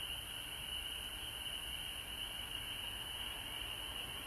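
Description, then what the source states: Frogs calling in a steady, dense chorus, a continuous high trilling drone with a fainter high hiss above it. Frogs recorded at home in Georgia on March 19, 2020.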